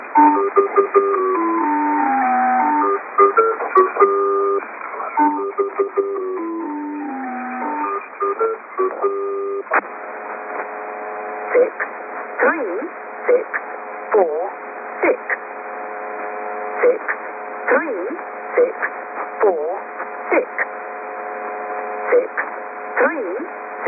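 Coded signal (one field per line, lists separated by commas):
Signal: numbers station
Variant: Lincolnshire Poacher (E3)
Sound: electronic folk melody phrases, then short evenly spaced spoken words over radio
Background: radio static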